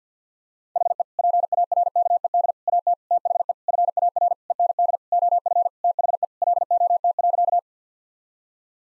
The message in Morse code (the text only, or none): HE PARKED AT THE FAR END OF THE LOT.